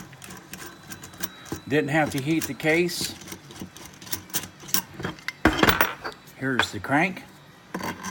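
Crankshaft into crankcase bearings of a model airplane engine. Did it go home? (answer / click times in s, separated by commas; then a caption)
no / none. The metal crankshaft of a small nitro RC airplane engine is handled and slid into the freshly pressed ball bearings in the crankcase while someone talks. Light metallic clicks and taps are heard, with a sharper cluster of knocks and scrapes around 4.7 to 5.8 seconds. Nothing has seated or snapped into place yet.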